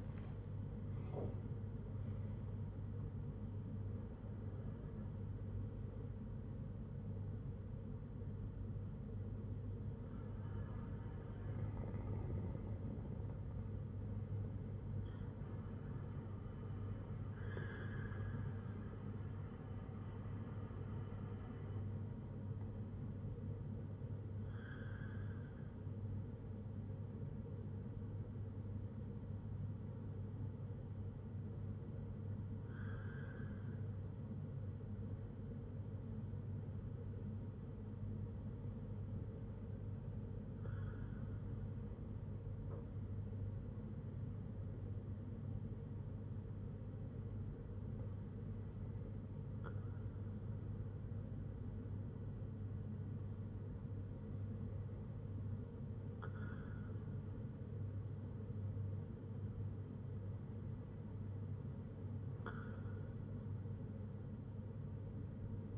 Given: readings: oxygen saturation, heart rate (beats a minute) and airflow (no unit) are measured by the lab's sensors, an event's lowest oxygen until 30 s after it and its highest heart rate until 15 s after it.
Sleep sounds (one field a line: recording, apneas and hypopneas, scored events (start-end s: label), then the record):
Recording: breathing in sleep by a smartphone at the bedside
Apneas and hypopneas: 1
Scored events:
33.00-56.60 s: hypopnea (N1, oxygen 97% highest, then 93% lowest, heart rate 58 at the start, 62 highest)
From the record:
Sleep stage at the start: N1 (lightest sleep)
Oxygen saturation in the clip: 90 to 97%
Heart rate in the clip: 57 to 86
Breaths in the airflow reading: 10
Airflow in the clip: -12.3 to 13.1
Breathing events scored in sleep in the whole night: 182 in 7.4 hours asleep